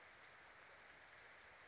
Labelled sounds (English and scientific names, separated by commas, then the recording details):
Western Flycatcher (Empidonax difficilis)
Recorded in Sonoma County, California